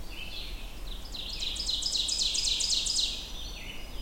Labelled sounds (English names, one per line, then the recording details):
Ovenbird song
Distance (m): 30 m
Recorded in boreal forest in Alberta, Canada, on 25 June 2016 at 08:17
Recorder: SongMeter 3, array SBT-6-76
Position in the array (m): 30 m, 108 m
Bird 2